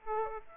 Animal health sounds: mosquito wingbeat signal from an infrared sensor; Aedes aegypti

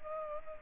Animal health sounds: mosquito wingbeat signal from an infrared sensor; Culex pipiens

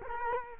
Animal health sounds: mosquito wingbeat signal from an infrared sensor; Culex quinquefasciatus

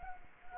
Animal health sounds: mosquito wingbeat signal from an infrared sensor; Culex quinquefasciatus

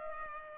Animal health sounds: mosquito wingbeat signal from an infrared sensor; Culex pipiens

